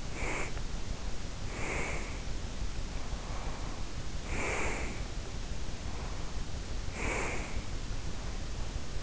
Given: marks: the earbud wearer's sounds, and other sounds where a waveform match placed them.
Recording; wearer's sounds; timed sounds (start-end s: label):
sounds in sleep by an in-ear microphone; breath
0.00-0.71 s: breath
1.39-2.17 s: breath
3.02-5.19 s: breath
5.81-7.86 s: breath